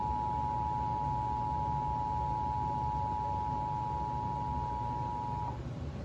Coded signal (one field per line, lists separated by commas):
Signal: Emergency Alert System (SAME) tones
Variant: 853 and 960 Hz attention tone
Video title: Texas Required Monthly Test for May on WFAA-TV 8.1 (EAS #344)